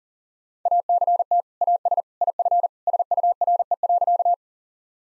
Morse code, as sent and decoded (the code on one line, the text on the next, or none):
.- -.-. - / .- ... / .. ..-. / ... ..- .-. . .-.-.-
ACT AS IF SURE.